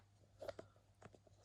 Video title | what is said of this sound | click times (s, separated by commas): How to make a high power pin pointer part 4 #pinpointer #metaldetecting | there stay oh there we go you heard that click um so that's that | 1.1 s